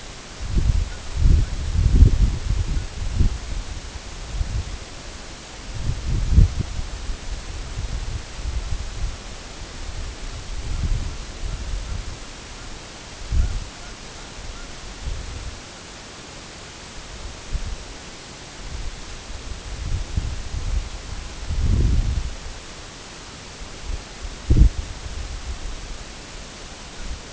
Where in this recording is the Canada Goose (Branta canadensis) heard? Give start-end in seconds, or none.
0.86-1.04, 1.39-1.56, 2.70-2.88, 10.67-12.72, 13.34-14.70, 26.92-27.11